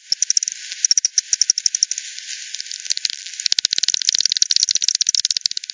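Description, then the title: Bat echolocation pulses heard as fast ticking, a burst at the start, a quieter gap midway, then a denser run of clicks toward the end. Multiple bats over the Hogsmill River at Hogsmill Lane, 7 October 2020, 18:10; frequency-divided by ten bat detector output, bandpass filtered and resampled. "WW bat 20201007 T 18 : 10 Z-Hogsmill-Lane-Hogsmill-River-multiple-bats"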